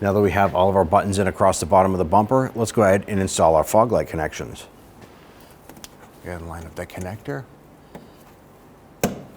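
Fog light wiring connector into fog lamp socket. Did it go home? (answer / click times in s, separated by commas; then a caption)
yes / 9.0 s. On a 2011-2017 Nissan Quest front bumper cover, a fog light wiring connector is lined up and pushed up into the fog lamp socket while someone talks, with faint handling sounds and a soft contact near 8.0 s. A sharp click at 9.0 s marks the connector locking into place.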